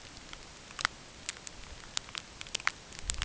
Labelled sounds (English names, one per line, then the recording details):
none
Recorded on Arctic tundra, site UTQI-8, on 9 June 2019
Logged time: 16:00